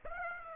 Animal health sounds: mosquito wingbeat signal from an infrared sensor; Aedes aegypti

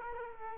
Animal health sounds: mosquito wingbeat signal from an infrared sensor; Culex quinquefasciatus

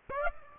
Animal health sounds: mosquito wingbeat signal from an infrared sensor; Aedes aegypti

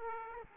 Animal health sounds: mosquito wingbeat signal from an infrared sensor; Aedes aegypti

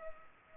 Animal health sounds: mosquito wingbeat signal from an infrared sensor; Culex pipiens

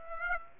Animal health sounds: mosquito wingbeat signal from an infrared sensor; Aedes aegypti

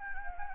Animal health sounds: mosquito wingbeat signal from an infrared sensor; Anopheles gambiae

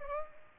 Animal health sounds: mosquito wingbeat signal from an infrared sensor; Aedes aegypti

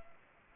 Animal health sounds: mosquito wingbeat signal from an infrared sensor; Aedes aegypti

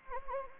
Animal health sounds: mosquito wingbeat signal from an infrared sensor; Anopheles gambiae

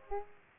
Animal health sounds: mosquito wingbeat signal from an infrared sensor; Aedes aegypti

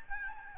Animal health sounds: mosquito wingbeat signal from an infrared sensor; Aedes albopictus

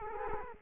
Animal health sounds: mosquito wingbeat signal from an infrared sensor; Culex quinquefasciatus

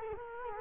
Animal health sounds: mosquito wingbeat signal from an infrared sensor; Culex quinquefasciatus

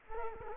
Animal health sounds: mosquito wingbeat signal from an infrared sensor; Culex quinquefasciatus

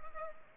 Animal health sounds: mosquito wingbeat signal from an infrared sensor; Culex pipiens

